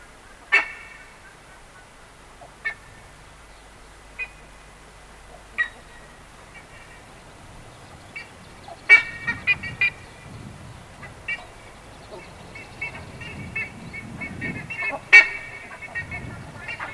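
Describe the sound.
Buff-necked ibis honks: single calls every few seconds, then a busier run of honks over a low background rumble.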